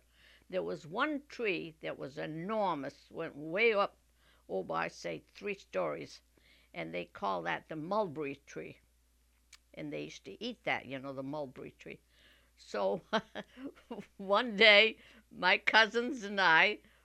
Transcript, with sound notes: But there was one tree that was enormous, went way up, oh, I'd say three stories, and they'd call that the mulberry tree, and they used to eat that, you know, the mulberry tree. So... ( she laughs ) One day my cousins and I,